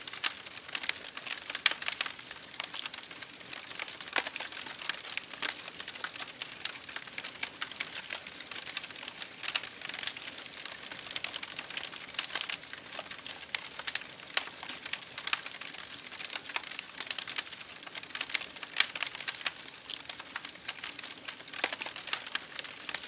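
A campfire crackles steadily, with a dense stream of sharp, bright snaps and pops that never lets up across the whole stretch. Louder cracks stand out every second or so over a soft, hissing wash, with almost nothing in the low end.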